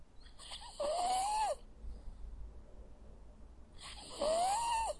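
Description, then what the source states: Dog snoring, two long rasping breaths, each with a faint whistled tone that climbs slightly before dropping away. Dog sleeping.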